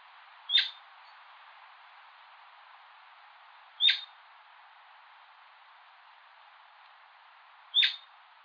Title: LuckyPassaro Completos2Sama. Atlantic Royal Flycatcher (Onychorhynchus swainsoni)